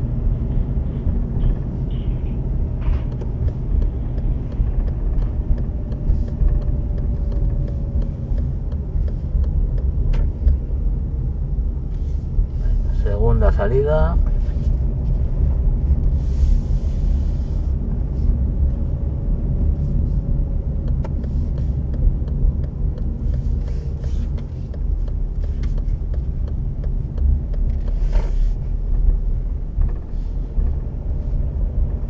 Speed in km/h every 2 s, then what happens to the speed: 32, 30, 27, 26, 23, 20, 21, 22, 21, 28, 24, 22, 18, 18, 20, 23.
0-10 slows to 20. 10-16 steady at about 21. 16-18 speeds up to 28. 18-25 slows to 18.